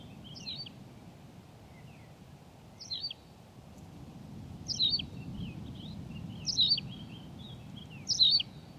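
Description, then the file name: Tawny pipit song: high chirped phrases growing louder, about five in nine seconds, mixed with softer scattered chirping notes and a low background hum. "Pipit rousseline Anthus campestris"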